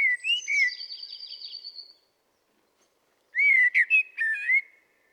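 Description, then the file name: Common blackbird song opens with short whistles and a high, buzzy, chattering twitter, then after a silence returns with a loud, mellow warbled phrase. "Turdus merula"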